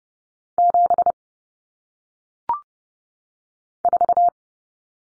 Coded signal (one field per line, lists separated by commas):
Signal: Morse code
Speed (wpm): 30 wpm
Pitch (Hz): 700 Hz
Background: none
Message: 7 4